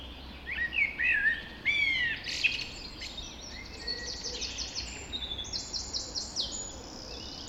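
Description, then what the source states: Birds in a dawn chorus: clear whistled and warbled phrases early on, then rapid high chirping trills from several overlapping songsters, with a soft low background rumble. Dawn chorus recorded just after dawn in the Forest of Dean.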